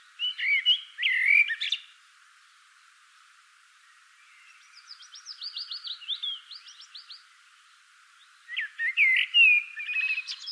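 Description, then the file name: Common blackbird song in bursts: a brief fluty phrase, a pause, a quieter run of thin squeaky twitters, then another loud warbled phrase with high flourishes. "Turdus merula"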